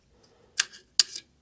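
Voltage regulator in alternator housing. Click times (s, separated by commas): 0.6 s, 1.0 s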